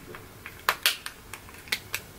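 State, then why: Released. Thumbs push a sunglass lens forward out of its frame groove, producing a series of sharp, short pops at about 0.7, 0.9, 1.1, 1.3, 1.7 and 1.9 seconds against a quiet background. The lens unseats from the groove at 0.7 seconds and is released from the frame.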